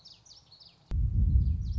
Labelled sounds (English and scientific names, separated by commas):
Common Yellowthroat (Geothlypis trichas)